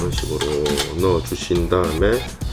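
A Lumena N9 portable fan head from Onan Korea is lined up with the groove and arrow on its stand base and pushed in, while someone talks over faint handling sounds. The head has not yet been turned clockwise into its twist-lock, so nothing has seated or clicked yet.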